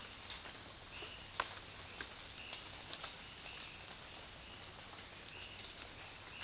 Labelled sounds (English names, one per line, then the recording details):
none
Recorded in dense forest near Puerto Asís, Putumayo, Colombia, on 25 June 2025 at 07:00
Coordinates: 0.466, -76.327
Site GP04